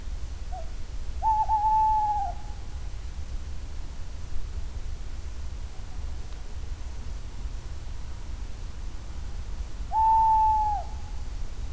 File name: canto verso maschio allocco strix aluco tawny owl waldkauz carabo comun chouette hulotte